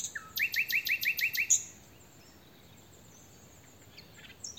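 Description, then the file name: Common nightingale song, a quick rattling series of about eight repeated chip notes, then quiet with faint twitters. "Luscinia megarhynchos"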